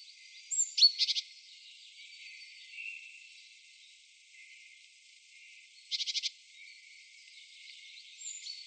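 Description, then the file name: Great tit harsh churring call: two short bursts of rapid buzzy, rattling notes, the second about five seconds after the first, over a faint steady hiss. "Parus major"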